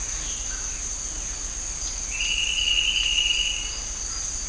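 Bird uttering a single long steady trill midway, with an unbroken high-pitched insect chorus throughout.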